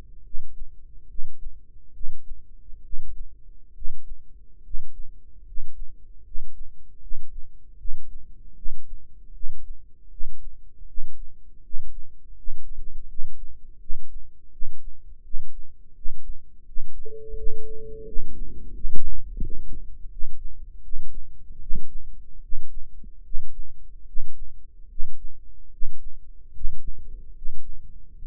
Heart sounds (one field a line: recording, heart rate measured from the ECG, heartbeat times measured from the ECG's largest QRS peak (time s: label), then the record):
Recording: heart sounds by microphone in the right ear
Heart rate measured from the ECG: 77 bpm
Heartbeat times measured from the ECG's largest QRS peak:
0.23 s: heartbeat
1.07 s: heartbeat
1.93 s: heartbeat
2.82 s: heartbeat
3.74 s: heartbeat
4.62 s: heartbeat
5.45 s: heartbeat
6.23 s: heartbeat
7.00 s: heartbeat
7.77 s: heartbeat
8.55 s: heartbeat
9.33 s: heartbeat
10.10 s: heartbeat
10.86 s: heartbeat
11.62 s: heartbeat
12.35 s: heartbeat
13.07 s: heartbeat
13.79 s: heartbeat
14.51 s: heartbeat
15.22 s: heartbeat
15.94 s: heartbeat
16.65 s: heartbeat
17.35 s: heartbeat
18.05 s: heartbeat
18.72 s: heartbeat
19.40 s: heartbeat
20.09 s: heartbeat
20.81 s: heartbeat
21.59 s: heartbeat
22.40 s: heartbeat
23.22 s: heartbeat
24.05 s: heartbeat
24.87 s: heartbeat
25.70 s: heartbeat
26.52 s: heartbeat
27.33 s: heartbeat
28.13 s: heartbeat
From the record:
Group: healthy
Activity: rest 0-17 s, Valsalva maneuver 17-28 s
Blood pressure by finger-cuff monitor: 109/62 mmHg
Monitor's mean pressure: 73 mmHg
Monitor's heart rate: 74 bpm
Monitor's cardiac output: 7.6 L/min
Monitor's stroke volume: 103 mL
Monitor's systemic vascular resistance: 680 dyn s/cm5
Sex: male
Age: 35 years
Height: 180 cm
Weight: 86.9 kg